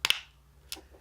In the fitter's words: But you can stick the key in here and twist it and you'll hear it pop.